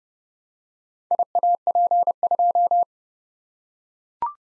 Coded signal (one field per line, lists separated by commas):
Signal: Morse code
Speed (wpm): 28 wpm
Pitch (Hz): 700 Hz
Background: none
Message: IAP2